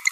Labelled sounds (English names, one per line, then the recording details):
Green-rumped Parrotlet babbling
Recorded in a nest box in Venezuela
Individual 18B25A3